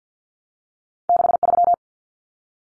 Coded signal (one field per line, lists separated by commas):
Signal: Morse code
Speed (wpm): 50 wpm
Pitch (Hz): 700 Hz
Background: none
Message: 63